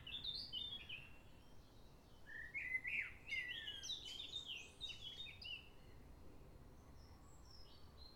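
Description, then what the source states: Common blackbird singing a long run of mellow warbled notes mixed with squeaky high twittering flourishes, almost continuous for about six seconds and then thinning to faint high notes, over a constant low rumble. Recorded at Crystal Palace in London, England.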